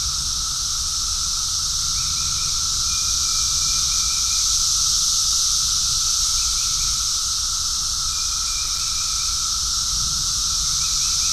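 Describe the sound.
Cicadas in a steady droning chorus, a dense high shrill buzz that never breaks, with a lower continuous whine and a few faint short chirps now and then.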